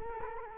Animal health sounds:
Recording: mosquito wingbeat signal from an infrared sensor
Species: Culex quinquefasciatus

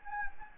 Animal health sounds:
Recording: mosquito wingbeat signal from an infrared sensor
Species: Anopheles gambiae

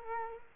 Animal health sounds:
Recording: mosquito wingbeat signal from an infrared sensor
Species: Culex quinquefasciatus

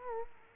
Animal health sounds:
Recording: mosquito wingbeat signal from an infrared sensor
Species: Culex quinquefasciatus

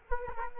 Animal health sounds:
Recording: mosquito wingbeat signal from an infrared sensor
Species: Culex quinquefasciatus

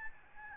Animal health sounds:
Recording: mosquito wingbeat signal from an infrared sensor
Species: Aedes albopictus

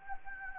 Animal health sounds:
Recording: mosquito wingbeat signal from an infrared sensor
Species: Anopheles gambiae

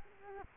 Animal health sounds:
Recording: mosquito wingbeat signal from an infrared sensor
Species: Culex quinquefasciatus

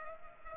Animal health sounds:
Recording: mosquito wingbeat signal from an infrared sensor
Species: Culex pipiens

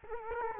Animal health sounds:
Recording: mosquito wingbeat signal from an infrared sensor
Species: Culex quinquefasciatus

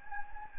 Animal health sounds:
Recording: mosquito wingbeat signal from an infrared sensor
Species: Anopheles gambiae

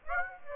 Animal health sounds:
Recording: mosquito wingbeat signal from an infrared sensor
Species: Aedes aegypti

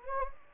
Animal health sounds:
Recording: mosquito wingbeat signal from an infrared sensor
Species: Anopheles gambiae

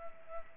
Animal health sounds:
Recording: mosquito wingbeat signal from an infrared sensor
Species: Culex pipiens

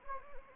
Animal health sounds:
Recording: mosquito wingbeat signal from an infrared sensor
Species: Anopheles arabiensis

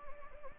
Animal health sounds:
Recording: mosquito wingbeat signal from an infrared sensor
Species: Anopheles gambiae

